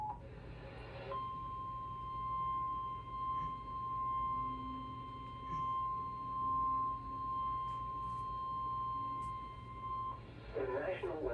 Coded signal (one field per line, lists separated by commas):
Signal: Emergency Alert System (SAME) tones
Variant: 1050 Hz attention tone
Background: speech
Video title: Remnants of Kay (EAS Alerts from 9/9/22-9/13/22) (EAS #428-461) (Monsoon EAS #197-231)